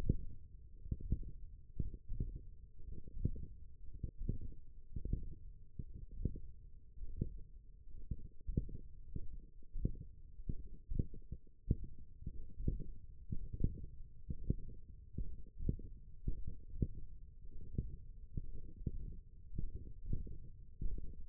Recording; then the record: forearm muscle sounds (acoustic myography)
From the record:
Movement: index flexion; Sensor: system 1, eight BSWA MPA416 microphones around the upper forearm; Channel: 7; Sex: male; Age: 23 years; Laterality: right